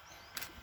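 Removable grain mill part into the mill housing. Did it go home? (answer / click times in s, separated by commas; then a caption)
yes / 0.4 s. A removable grain mill part, set back into the mill housing after washing, gives a short sharp click at 0.4 s as it seats in place. A second, softer tap follows around 0.6 s against faint background noise.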